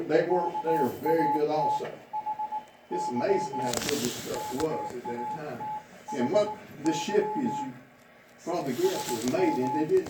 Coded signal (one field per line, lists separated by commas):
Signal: Morse code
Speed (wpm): 20 wpm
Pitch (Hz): 850 Hz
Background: speech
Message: KATHY KATHY SM